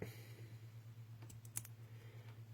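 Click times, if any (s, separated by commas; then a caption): 1.3 s, 1.5 s, 1.6 s. Three crimped wire terminals, white, red and black, are pushed into a plastic connector housing, each one seating with a sharp click at 1.3, 1.45 and 1.6 seconds over a steady low hum. All three terminals click fully into the housing and are confirmed seated.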